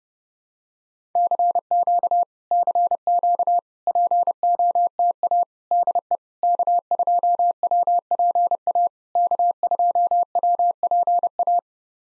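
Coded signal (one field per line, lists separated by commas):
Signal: Morse code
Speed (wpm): 32 wpm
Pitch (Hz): 700 Hz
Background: none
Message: CQ CQ POTA DE K2WPA K2WPA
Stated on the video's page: POTA exchange practice at 30 wpm, each exchange sent in Morse, then spoken, then sent again.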